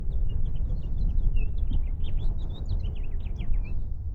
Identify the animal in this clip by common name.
House Finch